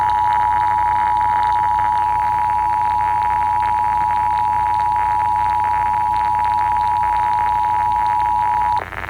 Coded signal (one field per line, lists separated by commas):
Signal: Emergency Alert System (SAME) tones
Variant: 853 and 960 Hz attention tone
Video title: National Periodic Test | AM Radio | Eas #53 - 54